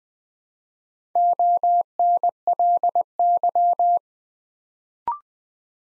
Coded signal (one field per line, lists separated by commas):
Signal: Morse code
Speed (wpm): 20 wpm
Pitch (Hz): 700 Hz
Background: none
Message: ONLY